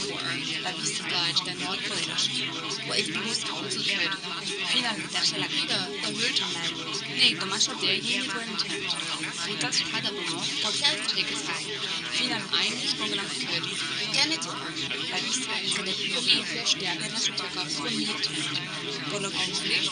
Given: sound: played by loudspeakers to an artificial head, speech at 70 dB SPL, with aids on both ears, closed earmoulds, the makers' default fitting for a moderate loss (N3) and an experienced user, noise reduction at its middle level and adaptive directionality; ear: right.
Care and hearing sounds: speech test signal (ISTS) in cocktail-party noise; -6 dB; on the right (90 degrees)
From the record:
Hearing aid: class 2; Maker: A

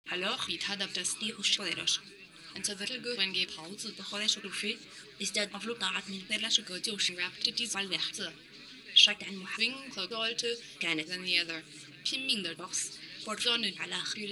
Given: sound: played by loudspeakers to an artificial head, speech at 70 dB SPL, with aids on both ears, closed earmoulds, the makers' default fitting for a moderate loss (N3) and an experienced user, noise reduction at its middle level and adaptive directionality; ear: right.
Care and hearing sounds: speech test signal (ISTS) in cocktail-party noise; +9 dB; on the right (90 degrees)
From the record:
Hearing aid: class 2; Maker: J

